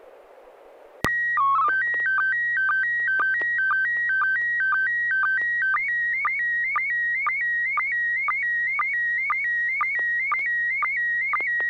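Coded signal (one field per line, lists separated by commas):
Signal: SSTV (slow-scan television)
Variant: PD 120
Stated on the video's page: SSTV images exchanged on a weekly amateur net via an FM repeater on 441.300 MHz in Sacramento, sent with MMSSTV software.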